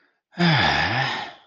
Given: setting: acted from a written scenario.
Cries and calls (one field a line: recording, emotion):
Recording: vocal sound without words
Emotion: contentment